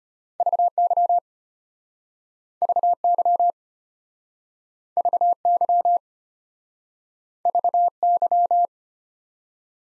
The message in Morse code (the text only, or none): VY VY VY VY